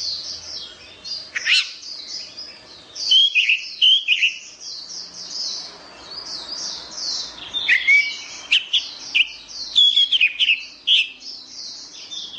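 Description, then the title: Orange-headed thrush singing fast, very high varied phrases, warbling and chattering almost nonstop with short louder bursts throughout. "Anis Merah"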